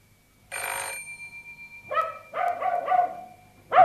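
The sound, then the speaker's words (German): A bell rings in one short, rattling half-second burst, then a dog barks several times in quick succession. No one speaks. “Als es klingelt, weiß ich instinktiv, es ist passiert.”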